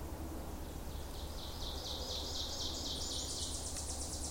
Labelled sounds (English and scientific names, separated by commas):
Ovenbird (Seiurus aurocapilla) song